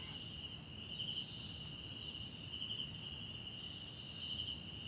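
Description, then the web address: Crickets give a constant shrill trill with two steady high tones, gently swelling now and then, faint low rumble beneath. South African crickets in the background at night in a wetland park at Kosi Forest Lodge, South Africa. "Tonschliff - SOUTH AFRICAN CRICKETS BG South Africa Wetland Park Kosi Forest Lodge Night"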